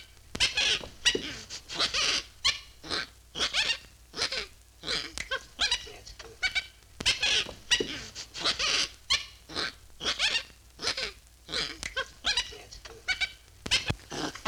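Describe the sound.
Monkey giving high, squealing chatter, with bursts tumbling one after another and irregular short silences throughout.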